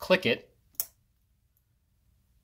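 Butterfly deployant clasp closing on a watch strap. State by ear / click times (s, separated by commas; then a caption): seated / 0.8 s. Someone talks briefly as the two ends of a leather watch strap are brought together and its metal butterfly (dual) deployant clasp is pressed closed. The clasp snaps shut with a sharp click at 0.8 s and is locked into place, followed by near silence.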